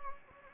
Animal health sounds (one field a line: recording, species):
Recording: mosquito wingbeat signal from an infrared sensor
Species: Anopheles gambiae